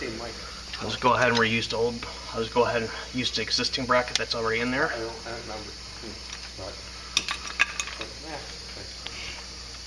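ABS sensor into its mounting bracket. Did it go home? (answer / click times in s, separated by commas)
yes / 7.6 s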